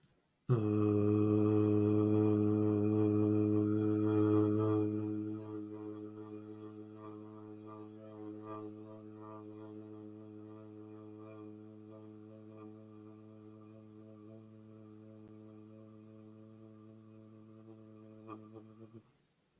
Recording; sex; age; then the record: vowel held as long as possible; male; 30 to 39 years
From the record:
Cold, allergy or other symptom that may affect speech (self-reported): no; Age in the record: 33 years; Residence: California, United States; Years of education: 16